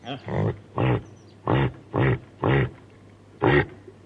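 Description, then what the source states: Reindeer giving a run of deep, rasping grunts, six in all, each with a strong low, buzzing tone. Female reindeer calling to her calf.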